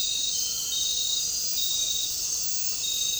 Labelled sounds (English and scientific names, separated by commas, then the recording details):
none
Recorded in dense forest near Puerto Asís, Putumayo, Colombia, on 8 March 2025 at 23:30
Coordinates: 0.467, -76.328
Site G041